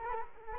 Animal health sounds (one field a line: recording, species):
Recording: mosquito wingbeat signal from an infrared sensor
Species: Culex quinquefasciatus